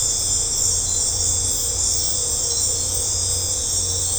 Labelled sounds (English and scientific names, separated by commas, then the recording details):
none
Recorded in secondary vegetation near Puerto Asís, Putumayo, Colombia, on 18 December 2024 at 19:30
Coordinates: 0.502, -76.326
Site G028